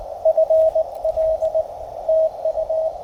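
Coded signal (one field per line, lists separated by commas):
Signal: Morse code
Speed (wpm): 21 wpm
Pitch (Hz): 590 Hz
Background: radio noise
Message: FL TU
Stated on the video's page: Morse sent from an MTR radio on a field Parks on the Air activation, using an end-fed half-wave antenna.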